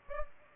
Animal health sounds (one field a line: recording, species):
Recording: mosquito wingbeat signal from an infrared sensor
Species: Aedes aegypti